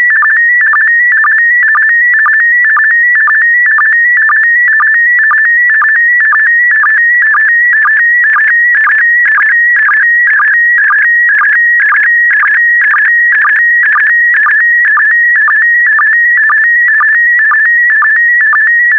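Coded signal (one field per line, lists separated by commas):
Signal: SSTV (slow-scan television)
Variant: PD120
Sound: warbling tone hopping between pitches, with short low blips about twice a second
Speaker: Five, four, three, two, one. Transmission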